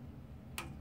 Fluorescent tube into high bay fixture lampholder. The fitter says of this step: then you hear the tick so